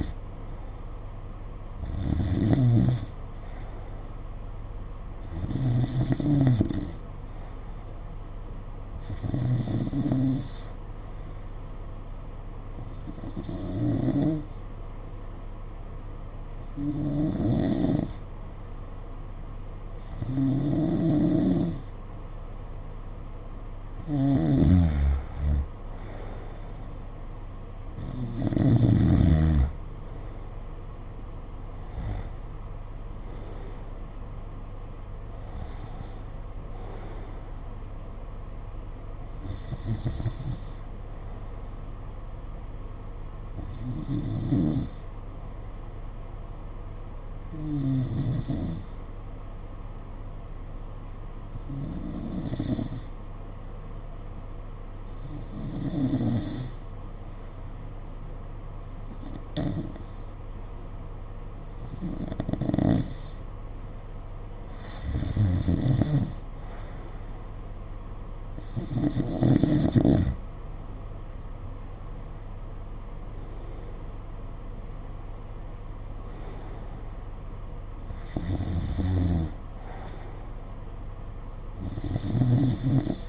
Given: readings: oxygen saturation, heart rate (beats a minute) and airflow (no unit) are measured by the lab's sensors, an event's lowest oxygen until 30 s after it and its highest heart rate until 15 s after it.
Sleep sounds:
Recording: breathing in sleep by a smartphone at the bedside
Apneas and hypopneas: 1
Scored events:
50.00-67.90 s: hypopnea (N2, oxygen 93% highest, then 88% lowest, heart rate 50 at the start, 61 highest)
From the record:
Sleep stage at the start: N2 (light sleep)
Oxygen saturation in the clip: 88 to 93%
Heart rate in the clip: 50 to 61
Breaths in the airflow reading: 22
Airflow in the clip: -7.3 to 7.4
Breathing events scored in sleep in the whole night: 476 in 9.7 hours asleep

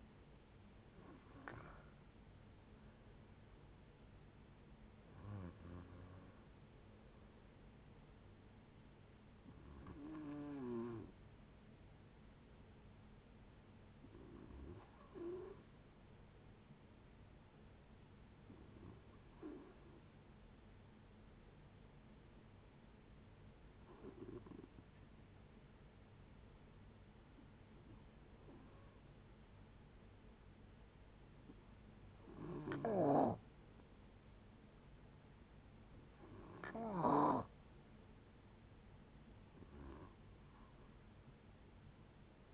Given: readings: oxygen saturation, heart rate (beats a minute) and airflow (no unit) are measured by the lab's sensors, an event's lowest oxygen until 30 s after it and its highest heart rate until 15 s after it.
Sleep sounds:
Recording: a person awake in a sleep study, by a voice recorder at the bedside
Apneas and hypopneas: none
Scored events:
0.00-42.54 s: awake
0.00-42.54 s: awake
From the record:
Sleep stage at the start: awake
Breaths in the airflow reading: 18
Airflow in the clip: -0.6 to 0.5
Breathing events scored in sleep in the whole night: 496 in 5.4 hours asleep

